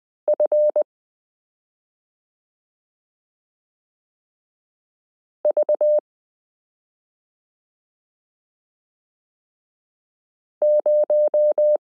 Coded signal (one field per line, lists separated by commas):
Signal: Morse code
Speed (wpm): 20 wpm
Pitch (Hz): 600 Hz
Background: none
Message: FV0